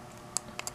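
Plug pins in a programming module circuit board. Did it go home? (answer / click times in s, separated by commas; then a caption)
yes / 0.4 s, 0.6 s. Metal plug pins on a homemade circuit-board programming module for a Heathkit EC-1 analog computer are pulled outward, giving sharp, bright clicks at 0.4 s and 0.6 s, followed by another short tick at 0.7 s over a quiet background. The pins click into position as the end of the filed flat on each pin meets the edge of the circuit board, leaving them seated.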